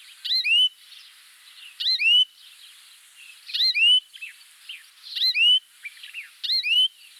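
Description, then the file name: Rufous-tailed scrub robin repeating a brief phrase of rising and falling whistled slurs about every one and a half seconds, five times. "Cercotrichas galactotes Agrobate roux"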